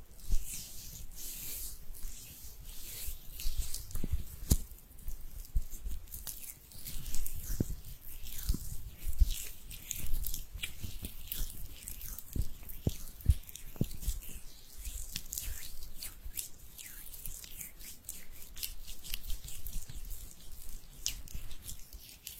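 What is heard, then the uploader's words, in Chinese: Hands rub together in a dense, continuous run of quick dry swishes and scratches, bright and hissy, with soft low thumps scattered throughout. 搓手手。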